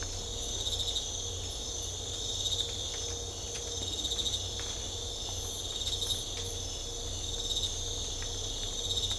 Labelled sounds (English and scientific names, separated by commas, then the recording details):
none
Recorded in secondary vegetation near Puerto Asís, Putumayo, Colombia, on 21 December 2024 at 04:30
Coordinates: 0.500, -76.326
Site G065